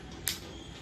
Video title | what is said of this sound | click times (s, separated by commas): Pilgrim black rice & rosemary hair spray review ২০২৬ - live result | একটা খট করে আওয়াজ উঠলো তখন এটা হলো অন | 0.3 s